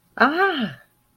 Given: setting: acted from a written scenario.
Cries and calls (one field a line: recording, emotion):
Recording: vocal sound without words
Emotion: interest